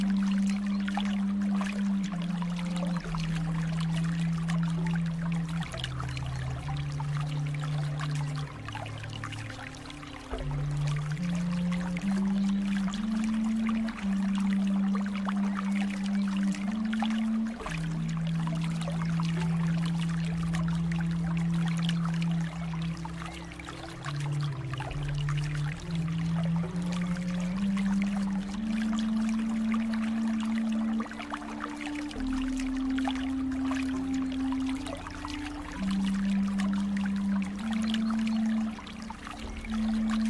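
Water flows steadily for the full forty seconds, a dense, even crackle and splash with no pauses. Beneath it runs a low humming tone that slides and steps up and down in pitch every few seconds, like a resonating pipe.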